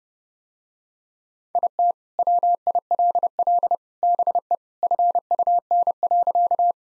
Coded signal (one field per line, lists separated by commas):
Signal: Morse code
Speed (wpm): 30 wpm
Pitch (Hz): 700 Hz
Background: none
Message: IT WILL BE FUN.